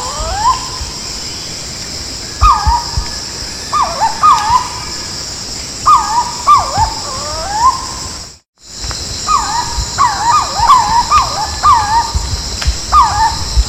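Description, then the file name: Purple-throated fruitcrow calls: mellow, slurred whistled notes near one pitch, often overlapping in quick bursts, with a brief silent break midway and a steady high drone behind. "Canto do anambeuna"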